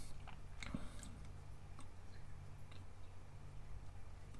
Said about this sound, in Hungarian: Na, se baj. Egyelőre elkávézgatom.